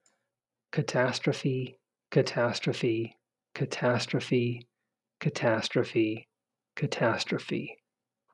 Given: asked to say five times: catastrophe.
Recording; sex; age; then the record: repeated word; male; 40 to 49 years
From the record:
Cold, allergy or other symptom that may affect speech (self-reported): no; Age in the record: 48 years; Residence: Texas, United States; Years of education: 16